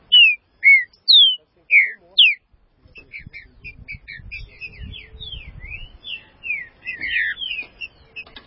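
Green-winged saltator song: five loud downslurred whistled notes, then a rapid busy run of softer chirps and slurs with low rumbling noise underneath.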